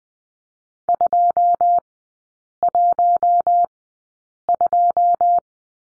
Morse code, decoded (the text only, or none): 212